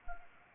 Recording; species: mosquito wingbeat signal from an infrared sensor; Anopheles arabiensis